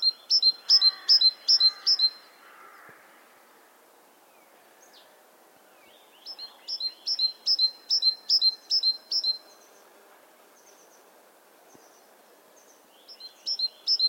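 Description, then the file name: Great tit singing in three bursts of clear repeated two-note high-low phrases, with a couple of harsh churring calls in the opening burst. "Parus major"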